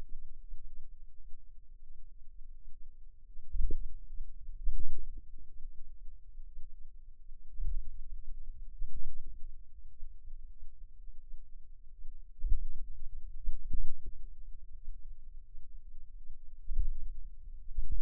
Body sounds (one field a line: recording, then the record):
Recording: forearm muscle sounds (acoustic myography)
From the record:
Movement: finger pinch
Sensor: system 2, bracelet of six BSWA MPA416 microphones around the upper forearm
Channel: 6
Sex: female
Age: 23 years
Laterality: right